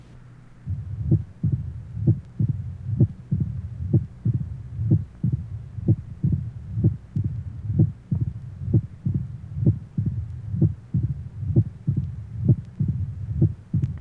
Age 46, rheumatic heart disease with mitral stenosis mitral area.